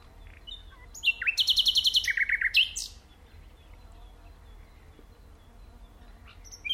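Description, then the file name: Common nightingale song: a rapid run of loud repeated notes stepping down in pitch, then quiet with a few faint notes. "Luscinia megarhynchos"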